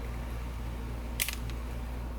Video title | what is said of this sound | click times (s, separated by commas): Ray-Ban RB2132 New Wayfarer Rb 2132 Lens Removal and Replacement Lens Installation - Seek Optics | with your thumbs push on the inside nasal corner until you hear a pop | 1.2 s